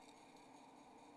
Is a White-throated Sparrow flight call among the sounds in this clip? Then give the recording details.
no. No flight call is heard. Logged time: 22:58 on 27 November 2014